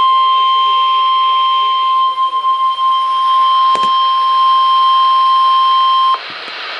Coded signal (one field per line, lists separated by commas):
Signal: Emergency Alert System (SAME) tones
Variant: 1050 Hz attention tone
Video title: NOAA - Severe Thunderstorm Warning (EAS #772)